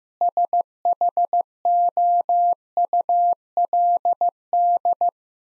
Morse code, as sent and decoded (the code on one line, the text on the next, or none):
... .... --- ..- .-.. -..
SHOULD